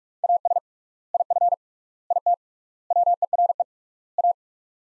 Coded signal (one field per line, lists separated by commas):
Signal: Morse code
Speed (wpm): 47 wpm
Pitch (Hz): 700 Hz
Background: none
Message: AS IF IT WERE A